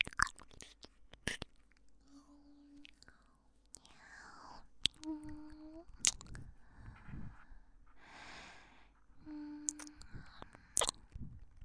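Ear-licking mouth sounds: wet smacks and sharp clicks come every second or two, with soft breathy whooshes and brief low hums between them.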